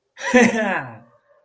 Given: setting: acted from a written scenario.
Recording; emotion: vocal sound without words; ecstasy